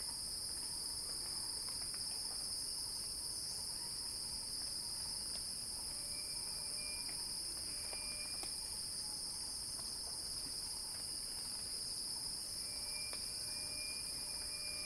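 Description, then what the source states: Cicada chorus holding a continuous high-pitched buzz, even in loudness, while faint scattered ticks and brief thin bird-like notes sit quietly beneath it. Cicada song building as a crescendo.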